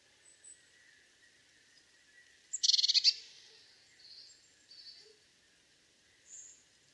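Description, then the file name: Eurasian blue tit call, a quick burst of high, buzzy churring notes lasting about half a second, followed by a few faint high chips and a steady background hum. "Cyanistes caeruleus"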